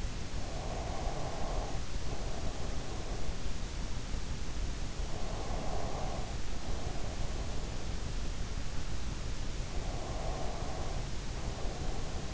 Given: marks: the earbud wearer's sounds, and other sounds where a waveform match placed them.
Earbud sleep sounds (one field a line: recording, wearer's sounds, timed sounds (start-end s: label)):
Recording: sounds in sleep by an in-ear microphone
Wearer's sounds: breath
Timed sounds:
0.00-3.22 s: breath
4.60-7.71 s: breath
9.37-12.34 s: breath